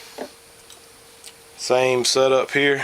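A plain bearing shell is handled at an engine connecting rod cap, with its tab lined up in the groove, on a Kawasaki Brute Force motor being reassembled. Faint small ticks come at about 0.7 s and 1.3 s, then someone talks through the rest of the clip. Nothing has seated or snapped into place yet.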